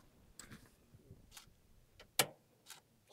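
A gas sampling tube is lifted, placed over the top of its plastic snap-fit holder and pressed down, with a few faint ticks and handling sounds before it. At 2.2 s a sharp, bright click rings out as the snap-fit clip engages, and the tube is seated in place.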